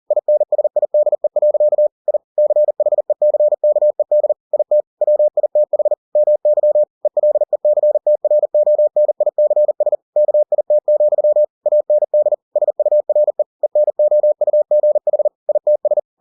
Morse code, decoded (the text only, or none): INSIDE. I CHECKED IT WITH MY ELECTRONICS KIT, AND SURE ENOUGH ITS